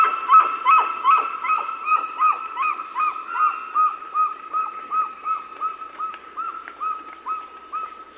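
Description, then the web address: Crested guan calls, a steady rapid series of short honking notes, with a fainter overlapping series of similar notes early on. South America. "Natures Songs S America Crested Guan"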